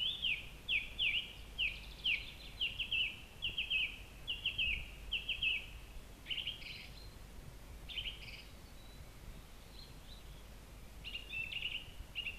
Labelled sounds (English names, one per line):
Song Thrush song